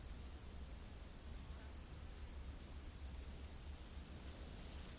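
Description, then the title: Cricket chirping, a fast stream of high pulses growing louder midway, with a steady high whine and low background rumble. Crickets in a rainforest at night. "Crickets of the Rainforest 🌿. Exotic Insect Orchestra"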